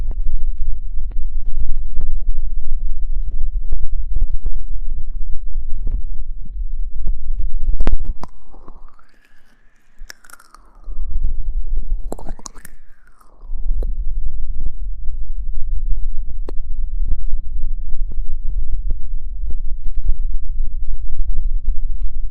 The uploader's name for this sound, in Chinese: 芦荟胶